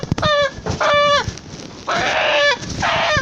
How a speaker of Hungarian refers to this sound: Ez öreg. Öreg kövér tyúk, le kellene vágni. Ez nagyon öreg